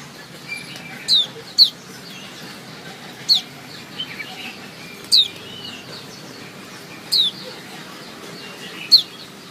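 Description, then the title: White-eye calling with sharp, high, falling chirps about every two seconds, the first two close together, against a quiet hiss and light clicks. Female white-eye; its chirping is played as therapy to get silent white-eyes to sing. "Suara Kicau Pleci Betina Terapi Pleci Mbisu"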